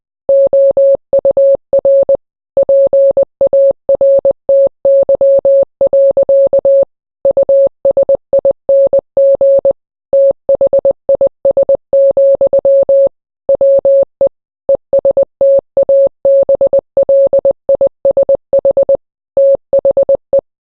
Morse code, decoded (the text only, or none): OUR PARTY. USING THIS, WE ESTABLISH THE